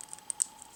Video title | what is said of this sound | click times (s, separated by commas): S.H.Figuarts Super Shinken Red Figure Review! | there you go lines up perfectly locks in place | 0.3 s, 0.4 s